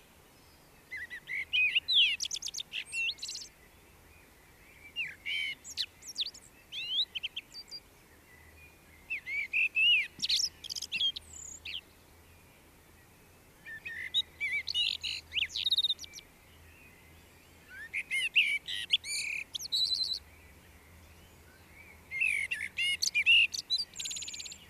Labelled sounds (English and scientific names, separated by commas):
Common Blackbird (Turdus merula) song